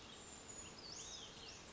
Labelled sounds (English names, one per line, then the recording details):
Brown Creeper
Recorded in Sonoma County, California